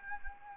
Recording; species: mosquito wingbeat signal from an infrared sensor; Anopheles gambiae